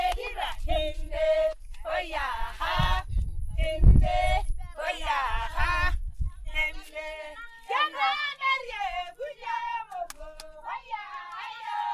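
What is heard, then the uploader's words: Women sing a blessing song together in overlapping voices, with low thumps and handling noise early on and brief quieter gaps later. I am at a traditional Masai village in Masai Mara area. Huts are all around me and a herd of cattle is laid down in the middle. Women in traditional clothing are singing a blessing song for the visitors. Recorded by Christina Antoniadou. Masai Mara women's blessing song.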